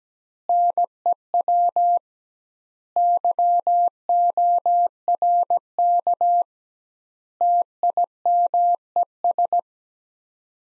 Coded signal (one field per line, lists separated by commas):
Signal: Morse code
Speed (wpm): 17 wpm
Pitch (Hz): 700 Hz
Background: none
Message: NEW YORK TIMES